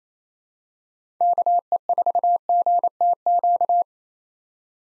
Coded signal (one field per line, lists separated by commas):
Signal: Morse code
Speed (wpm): 28 wpm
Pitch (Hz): 700 Hz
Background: none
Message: KE4GTQ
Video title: 2023 POTA Activator Call Signs - 28wpm